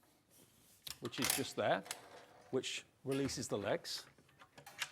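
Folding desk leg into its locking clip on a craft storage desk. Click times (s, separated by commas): 4.8 s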